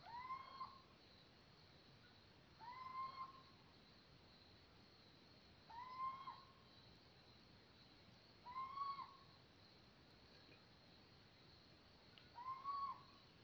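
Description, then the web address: Little owl hooting: a plaintive, rising hoot repeated five times, about every three seconds, over a steady hiss. "canti rapaci notturni canto verso civetta comune athene noctua little owl steinkauz mochuelo europeo cheveche"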